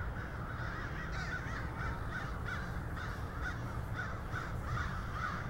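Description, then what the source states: Crows cawing in a busy overlapping chorus, individual harsh caws repeating over a low steady rumble. Several crows.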